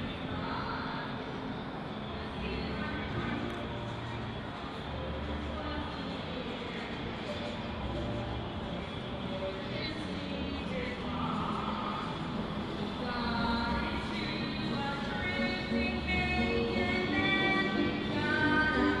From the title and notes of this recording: This binaural audio recording captures a Saturday-evening stroll down Orange Avenue and Church Street in Orlando, Florida during the pandemic.